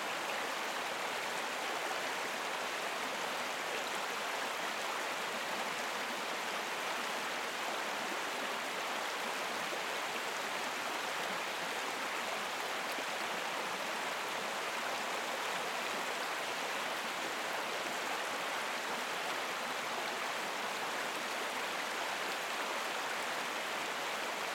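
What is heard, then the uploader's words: A stream runs steadily past, its water making a dense, unbroken rush that stays even from start to finish. The sound is bright and hissy, with little low rumble and no separate splashes or other sounds standing out. A soothing stream gently passing by while you fall asleep or relax.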